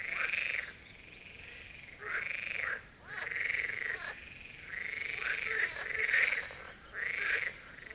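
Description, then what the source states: Marsh frogs chorusing loudly with long, harsh rattling croaks in near-continuous bursts with short gaps between them. Chorus of marsh frogs at the Birkensee in Schönbuch, Germany, recorded on one of the first proper hot days of summer 2023.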